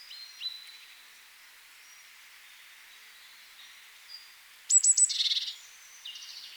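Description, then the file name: Eurasian blue tit call: a few sharp high notes run straight into a short buzzy churring trill near the end, with soft scattered chirps earlier. "Cyanistes caeruleus"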